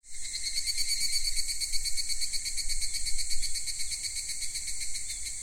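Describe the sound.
Higurashi cicada call: a steady, rapidly pulsing metallic trill held at an even level throughout.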